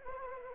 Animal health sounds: mosquito wingbeat signal from an infrared sensor; Anopheles arabiensis

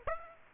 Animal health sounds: mosquito wingbeat signal from an infrared sensor; Aedes aegypti

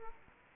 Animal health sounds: mosquito wingbeat signal from an infrared sensor; Culex quinquefasciatus

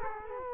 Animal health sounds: mosquito wingbeat signal from an infrared sensor; Culex quinquefasciatus

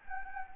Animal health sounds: mosquito wingbeat signal from an infrared sensor; Anopheles gambiae

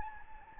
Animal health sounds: mosquito wingbeat signal from an infrared sensor; Anopheles gambiae

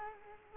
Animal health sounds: mosquito wingbeat signal from an infrared sensor; Culex quinquefasciatus

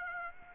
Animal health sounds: mosquito wingbeat signal from an infrared sensor; Aedes aegypti

